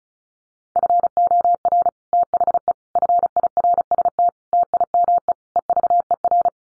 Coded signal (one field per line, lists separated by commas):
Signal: Morse code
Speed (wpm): 34 wpm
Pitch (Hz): 700 Hz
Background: none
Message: FOR THE FIRST TIME EVER